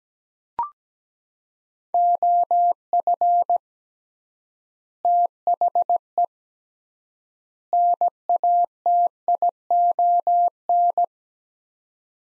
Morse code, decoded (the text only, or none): OF THE NATION